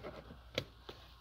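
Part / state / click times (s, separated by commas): rear seat cushion latching up against the cab's rear seat frame / seated / 0.6 s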